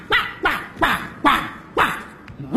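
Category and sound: vocal imitation, man imitating dog barking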